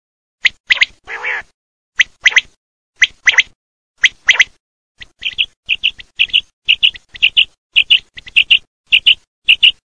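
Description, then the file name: Common quail calls: sharp, liquid notes, in pairs at first and then in a quicker, uneven run, with a short grating sound early on. "QUAGLIA"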